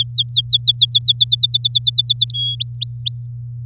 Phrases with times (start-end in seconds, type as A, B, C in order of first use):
0.00-0.99 A, 1.01-2.31 B, 2.33-2.56 C, 2.60-3.27 D